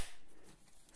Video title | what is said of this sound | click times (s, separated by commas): Bilikay VJ033 Wireless Headphones | it gives a nice satisfying little click it does sort of feel like I'm gonna break them though when I do so | 0.9 s